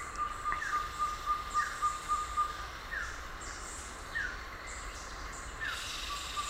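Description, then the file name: Ferruginous pygmy owl giving a quick run of evenly spaced whistled toots early on, then one more near the end; occasional downslurred notes and higher rasping bursts come and go. Recorded 30 October 2001. "2001-10-30 Ferruginous Pygmy-Owl"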